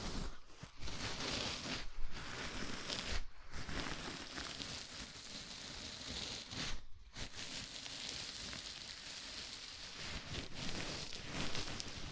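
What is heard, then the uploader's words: A scalp massage: fingers rub and scratch through hair, making a dense, crackling rustle much like steady rain. The rubbing is continuous and bright, broken by short pauses near 0.7, 2, 3.3 and 7 seconds before resuming at an even level. ASMR Sleepy Scalp Massage (No Talking).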